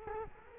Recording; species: mosquito wingbeat signal from an infrared sensor; Culex quinquefasciatus